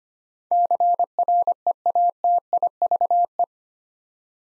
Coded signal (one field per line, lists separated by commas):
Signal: Morse code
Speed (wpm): 25 wpm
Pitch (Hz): 700 Hz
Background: none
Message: CREATIVE